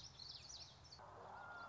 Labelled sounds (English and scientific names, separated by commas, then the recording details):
Common Yellowthroat (Geothlypis trichas)
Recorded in Sonoma County, California